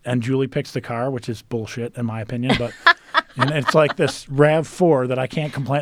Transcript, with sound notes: And Julie picks the car, which is bullshit, in my opinion. [LAUGHTER] But it's like this RAV 4 that I can't complain.